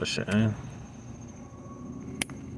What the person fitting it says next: You hear it click in place,